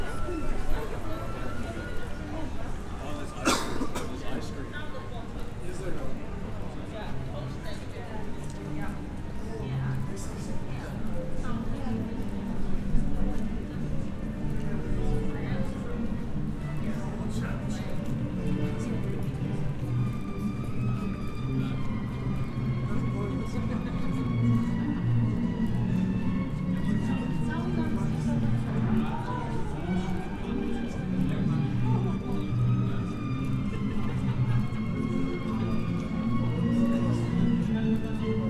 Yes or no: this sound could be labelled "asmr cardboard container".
no